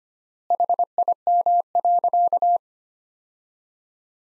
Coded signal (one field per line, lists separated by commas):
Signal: Morse code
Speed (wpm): 25 wpm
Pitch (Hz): 700 Hz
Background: none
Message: HIM.